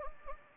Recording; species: mosquito wingbeat signal from an infrared sensor; Anopheles gambiae